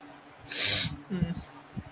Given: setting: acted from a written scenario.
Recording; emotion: vocal sound without words; distress